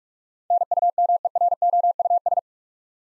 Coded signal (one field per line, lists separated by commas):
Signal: Morse code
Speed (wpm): 45 wpm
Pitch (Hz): 700 Hz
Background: none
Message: NUMEROUS